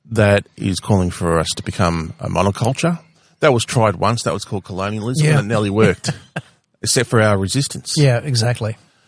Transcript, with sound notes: that is calling for us to become a monoculture. That was tried once, that was called colonialism, and it nearly worked— [Laughs] —except for our resistance.
Yeah, exactly.